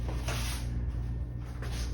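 A small retaining clip is slid onto an arm in the engine bay during an air filter change, with its top about to be pushed down into the locking position. Two brief handling noises come at about 0.3 s and 1.6 s over a steady low hum. Nothing has seated or clicked yet.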